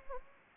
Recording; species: mosquito wingbeat signal from an infrared sensor; Anopheles arabiensis